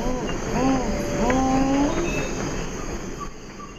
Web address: S America Eastern Lowlands Tigrisoma lineatum, song